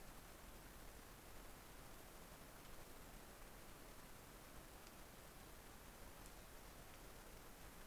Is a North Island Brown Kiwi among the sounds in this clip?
no